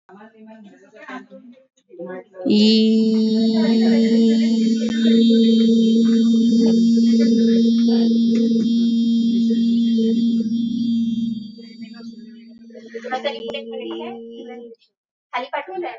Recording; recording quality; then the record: sustained vowel as in beet; moderate, slight background noise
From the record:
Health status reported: healthy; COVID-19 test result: negative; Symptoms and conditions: none ticked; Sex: female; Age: 49 years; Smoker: not ticked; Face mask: not worn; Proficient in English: yes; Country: India